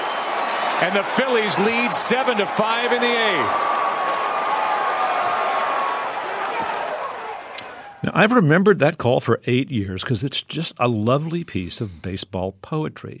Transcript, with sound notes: and the Phillies lead 7-5 in the eighth.
(APPLAUSE)
Now, I've remembered that call for eight years 'cause it's just a lovely piece of baseball poetry.